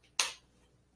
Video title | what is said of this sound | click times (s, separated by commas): AF Demo_POP Hooks Hangers & Display Construction Components | and it snaps in place for quick assembly in the manufacturing facility | 0.2 s